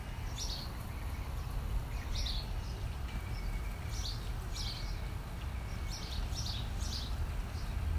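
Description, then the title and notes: Bird chirping in sharp high notes at irregular intervals, with a faint thin tone and low background rumble. Birds in the trees, heard live from a patio while reading outdoors; Los Angeles, California, USA, 30 April 2020, 11:30, during COVID-19. "30/4/20, 11:30, Los Ángeles, CA. Estaba leyendo afuera en mi patio, disfrutando de los sonidos de los pájaros en los árboles."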